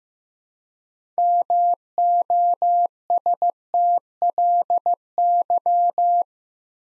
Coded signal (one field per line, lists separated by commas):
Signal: Morse code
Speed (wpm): 15 wpm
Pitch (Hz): 700 Hz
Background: none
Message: MOSTLY